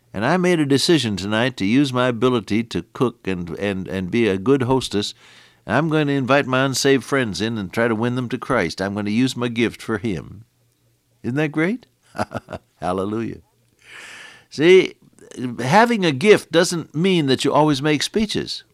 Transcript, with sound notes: And I made a decision tonight to use my ability to cook and be a good hostess, and I’m gonna invite my unsaved friends in and try to win them to Christ, I’m gonna use my gift for Him.” Isn’t that great? [chuckle] Hallelujah. See? Having a gift doesn’t mean that you always make speeches.